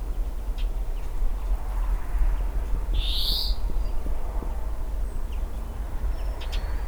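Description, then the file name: European greenfinch producing a single wheezy, rising buzz near the middle, against continuous low-pitched background rumble and a few faint clicks. "Chloris chloris"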